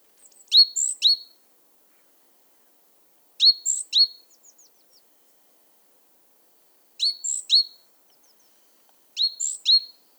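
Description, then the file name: Great tit calls: high, sharp double notes with a thin top tone, given in four quick bursts throughout, with silence between. "Parus major"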